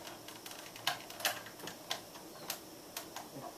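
A flat screwdriver pries the plastic snap clips of an external hard drive enclosure open from a corner, producing a series of sharp plastic ticks and clicks. The loudest click at 0.9 s is the clip popping open and releasing, followed by further clicks around 1.3, 1.7, 1.9, 2.5 and 3.0 s.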